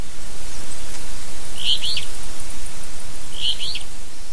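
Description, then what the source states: Bird calls: two short bursts of high chirped notes over steady low rushing background noise. Birdsong in the boreal ecosystem of a caribou range in the Northwest Territories, where boreal caribou live.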